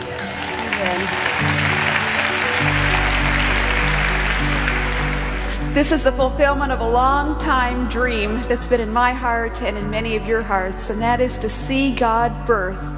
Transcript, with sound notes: Amen. (cheers and applause) This is the fulfillment of a longtime dream that’s been in my heart, and in many of your hearts, to see God birth